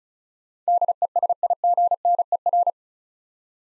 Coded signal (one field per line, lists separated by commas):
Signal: Morse code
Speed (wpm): 36 wpm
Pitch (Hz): 700 Hz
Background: none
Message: DESIGNER